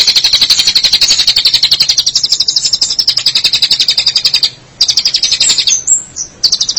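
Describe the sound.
Shrike song as a rapid rattling trill of buzzy high notes, broken by a short pause, then more rattling, a thin whistle and a final rattle.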